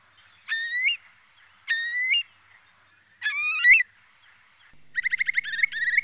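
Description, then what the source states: Eurasian curlew giving loud whistled calls that rise at the end, three separate calls, then a fast bubbling run of rising notes. Filtered recording.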